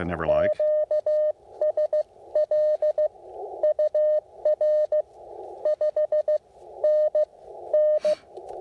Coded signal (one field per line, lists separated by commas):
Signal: Morse code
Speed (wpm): 14 wpm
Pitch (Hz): 610 Hz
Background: speech, radio noise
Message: QSL UR 5NN